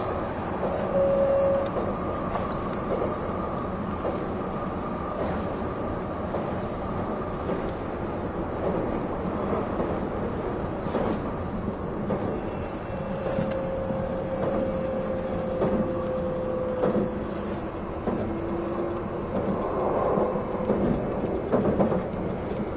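Running sound of the E261 series Saphir Odoriko limited express train, a steady low rumble and rattle that holds an even level throughout. Thin whining tones rise and fade at about 1, 13 to 17, and 20 seconds over the constant rolling noise.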